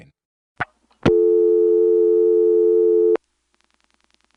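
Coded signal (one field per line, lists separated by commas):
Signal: telephone call progress tone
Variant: North America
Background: speech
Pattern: dial tone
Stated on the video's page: Call progress tone from a senderized XY step-by-step switching office, program 1.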